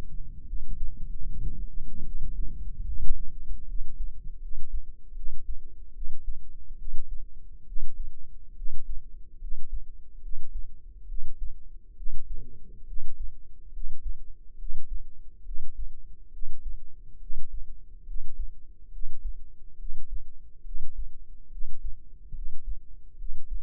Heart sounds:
heart sounds by microphone in the left ear; 71 bpm
0.44 s: heartbeat
1.23 s: heartbeat
2.02 s: heartbeat
2.84 s: heartbeat
3.65 s: heartbeat
4.39 s: heartbeat
5.13 s: heartbeat
5.92 s: heartbeat
6.76 s: heartbeat
7.64 s: heartbeat
8.54 s: heartbeat
9.38 s: heartbeat
10.20 s: heartbeat
11.06 s: heartbeat
11.94 s: heartbeat
12.84 s: heartbeat
13.71 s: heartbeat
14.56 s: heartbeat
15.43 s: heartbeat
16.30 s: heartbeat
17.18 s: heartbeat
18.04 s: heartbeat
18.90 s: heartbeat
19.76 s: heartbeat
20.62 s: heartbeat
21.49 s: heartbeat
22.32 s: heartbeat
23.16 s: heartbeat
From the record:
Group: healthy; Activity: rest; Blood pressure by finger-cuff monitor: 98/64 mmHg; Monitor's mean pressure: 75 mmHg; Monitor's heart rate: 69 bpm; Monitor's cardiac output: 5.3 L/min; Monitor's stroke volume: 77 mL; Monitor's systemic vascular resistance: 1020 dyn s/cm5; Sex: female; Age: 22 years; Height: 160 cm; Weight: 45 kg

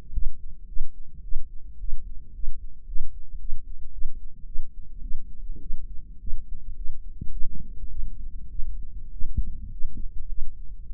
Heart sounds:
heart sounds by microphone in the right ear; 106 bpm
0.12 s: heartbeat
0.67 s: heartbeat
1.22 s: heartbeat
1.78 s: heartbeat
2.33 s: heartbeat
2.86 s: heartbeat
3.39 s: heartbeat
3.92 s: heartbeat
4.45 s: heartbeat
5.01 s: heartbeat
5.60 s: heartbeat
6.20 s: heartbeat
6.75 s: heartbeat
7.31 s: heartbeat
7.90 s: heartbeat
8.49 s: heartbeat
9.11 s: heartbeat
9.71 s: heartbeat
10.28 s: heartbeat
10.86 s: heartbeat
From the record:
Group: healthy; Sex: female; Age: 19 years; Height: 163 cm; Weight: 51 kg

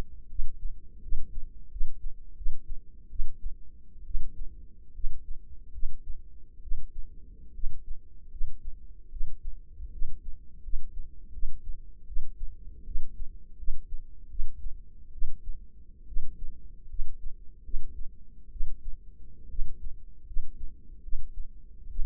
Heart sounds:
heart sounds by microphone in the left ear; 75 bpm
0.29 s: heartbeat
1.02 s: heartbeat
1.70 s: heartbeat
2.36 s: heartbeat
3.10 s: heartbeat
4.05 s: heartbeat
4.94 s: heartbeat
5.72 s: heartbeat
6.61 s: heartbeat
7.53 s: heartbeat
8.30 s: heartbeat
9.10 s: heartbeat
9.91 s: heartbeat
10.62 s: heartbeat
11.32 s: heartbeat
12.06 s: heartbeat
12.85 s: heartbeat
13.57 s: heartbeat
14.29 s: heartbeat
15.12 s: heartbeat
16.06 s: heartbeat
16.88 s: heartbeat
17.63 s: heartbeat
18.50 s: heartbeat
19.49 s: heartbeat
20.25 s: heartbeat
21.02 s: heartbeat
21.88 s: heartbeat
From the record:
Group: healthy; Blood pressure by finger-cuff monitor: 99/50 mmHg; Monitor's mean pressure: 64 mmHg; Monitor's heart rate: 77 bpm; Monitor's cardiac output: 7.6 L/min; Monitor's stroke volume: 101 mL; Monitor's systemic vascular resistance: 600 dyn s/cm5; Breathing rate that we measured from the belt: 19 breaths a minute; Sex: female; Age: 22 years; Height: 157 cm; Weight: 47.6 kg

